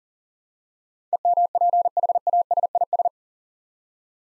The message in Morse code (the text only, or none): EMPHASIS